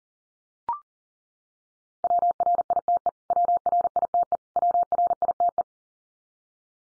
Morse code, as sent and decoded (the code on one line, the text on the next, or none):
.-- .-. .. - . / .-- .-. .. - . / .-- .-. .. - .
WRITE WRITE WRITE